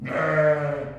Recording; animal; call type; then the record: contact call of a hoofed animal; sheep; low-frequency (closed-mouth) or high-frequency (open-mouth) call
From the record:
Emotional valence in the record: negative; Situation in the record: short social isolation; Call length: 0.99 s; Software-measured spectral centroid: 1250 Hz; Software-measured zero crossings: 1440 a second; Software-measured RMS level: -23 dBFS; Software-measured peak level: -9 dBFS